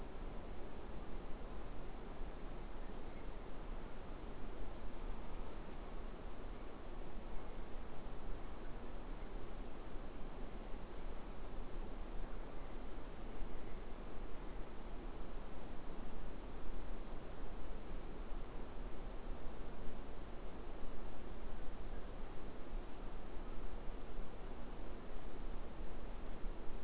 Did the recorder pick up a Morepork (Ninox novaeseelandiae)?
no